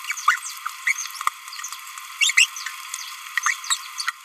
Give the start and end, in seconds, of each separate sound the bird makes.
0.28-0.38, 0.87-0.92, 1.27-1.29, 2.21-2.31, 2.37-2.46, 3.44-3.54, 3.98-4.03